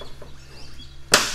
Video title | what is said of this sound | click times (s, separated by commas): 2009 Toyota Venza Headlamp Replacement | Snaps in, this one snaps in, everything's snapped in place. | 1.1 s